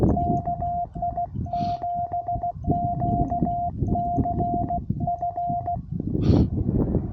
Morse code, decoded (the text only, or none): KI7QCF